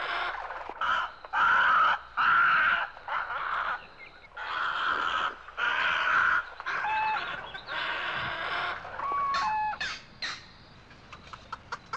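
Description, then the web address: Bird calls: loud grating bursts repeated about once a second, with a few short whistles and clicks near the end. "Звуки природы - птицы"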